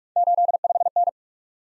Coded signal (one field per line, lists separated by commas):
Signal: Morse code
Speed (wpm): 44 wpm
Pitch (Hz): 700 Hz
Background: none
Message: 85N